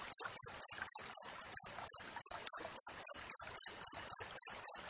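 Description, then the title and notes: Cricket chirping, a steady series of short high pulses repeated about four times a second, with faint scratchy background noise. Wild crickets with clear, closely spaced chirps, used for training songbirds and to repel rats. "Masteran Jangkrik Alam Jernih, Jeda Rapat Cocok Untuk Masteran Burung Dan Mengusir Tikus. suara jangkrik"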